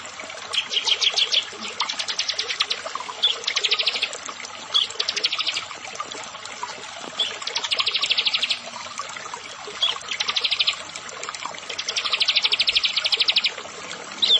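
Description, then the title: Plain prinia song: fast, mechanical-sounding trills of high ticking notes, given in repeated bursts. "Ciblek Sawah"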